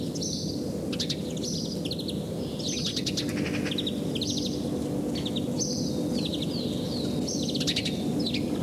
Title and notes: Ilkka Heiskanen Kevät - Luontoääniä Päijät-Hämeestä Varpunen